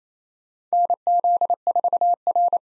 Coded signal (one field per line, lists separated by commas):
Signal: Morse code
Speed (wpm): 29 wpm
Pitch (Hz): 700 Hz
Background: none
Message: NZ4R